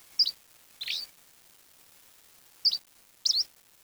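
Bird calls: four brief, high chirps in two pairs, separated by a quiet gap.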